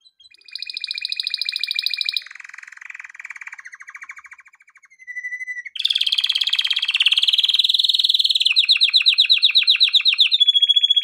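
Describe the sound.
Canary song built from tours of quickly repeated notes, first a high trill, then lower softer rolls, then loud bright rattling tours to the end.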